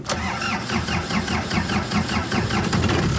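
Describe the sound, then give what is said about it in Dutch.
An old, rusty, army-green 1988 Land Rover with Dutch number plates, named Felix, cranks with a rapid, rhythmic chugging of the starter, then turns over into a loud, rough mid-pitched rumble with no voices. “Als hij start, kan hij levens redden.”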